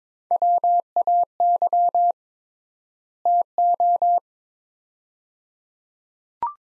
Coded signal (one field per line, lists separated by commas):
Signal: Morse code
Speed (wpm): 22 wpm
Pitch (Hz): 700 Hz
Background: none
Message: WAY TO